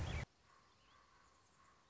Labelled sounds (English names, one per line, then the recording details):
Common Raven
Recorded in Sonoma County, California